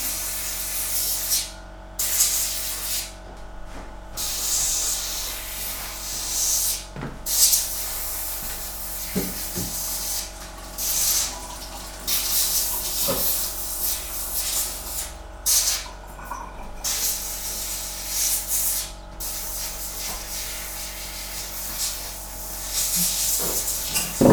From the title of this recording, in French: Duo Compresseur Hachoir